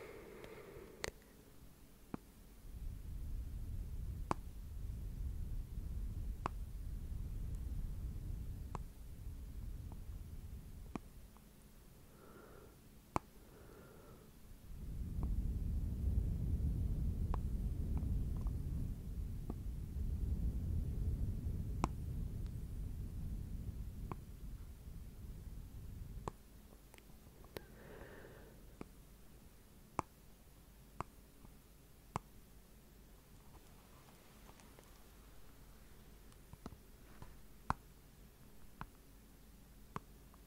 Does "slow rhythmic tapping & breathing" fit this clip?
yes